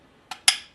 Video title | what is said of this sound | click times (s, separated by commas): Remington Model 8 Semi-Auto Rifle - How To Disassemble | There, you can hear it snap. | 0.5 s